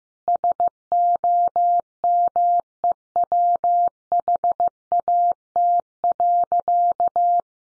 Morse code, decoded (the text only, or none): SOMEWHAT.